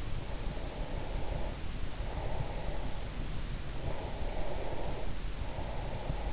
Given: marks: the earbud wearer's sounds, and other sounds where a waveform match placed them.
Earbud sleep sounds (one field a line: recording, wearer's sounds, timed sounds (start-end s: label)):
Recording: sounds in sleep by an in-ear microphone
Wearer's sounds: breath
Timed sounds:
0.56-3.14 s: breath
4.03-6.25 s: breath